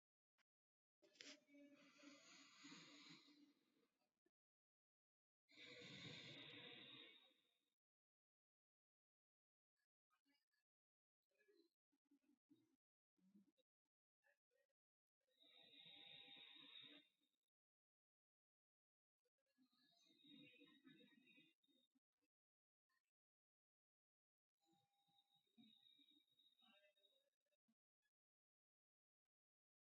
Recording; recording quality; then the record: deep breathing; excellent, no background noise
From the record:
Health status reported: healthy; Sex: male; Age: 27 years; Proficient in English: yes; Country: India